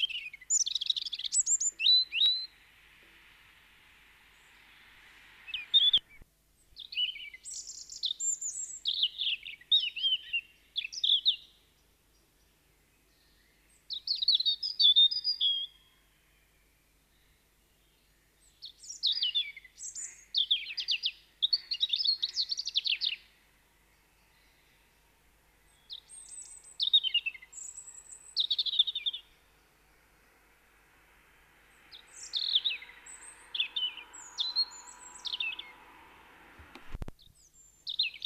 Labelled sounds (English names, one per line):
European Robin song